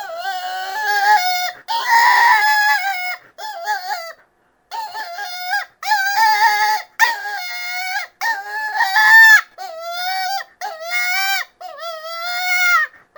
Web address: Rabbit 063-Cottontail. Distress